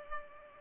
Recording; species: mosquito wingbeat signal from an infrared sensor; Culex pipiens